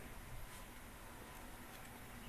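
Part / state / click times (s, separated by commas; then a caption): plastic vernier thruster into model backpack joint / not seated / none. A plastic side vernier thruster on a 1:60 scale model kit backpack is being handled and pushed outward toward its extended position. Only a steady, low hum-like background noise is heard, with no sharp hits. Nothing has clicked or seated yet.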